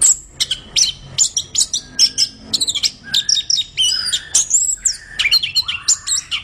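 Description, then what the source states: Orange-headed thrush song, a fast run of sharp whistled notes and chirps, high and varied, hardly pausing, some notes sliding down. Described as gacor, singing vigorously and continuously.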